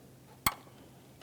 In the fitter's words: position slide it in listen for a click